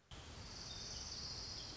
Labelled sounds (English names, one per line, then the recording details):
Orange-crowned Warbler
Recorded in Sonoma County, California